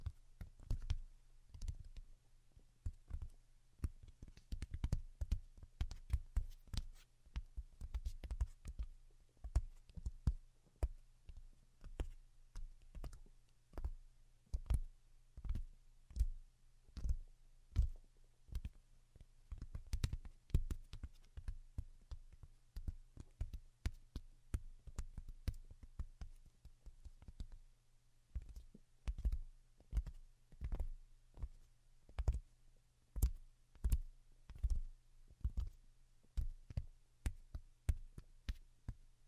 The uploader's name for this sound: Most Delicate and Calming Tapping